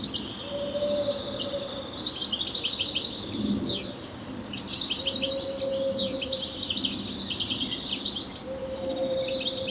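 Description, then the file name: European goldfinch twitter in two long bursts of quick, sweet chirps and buzzy notes, separated by a short gap, with a low hum in the background. "Carduelis carduelis"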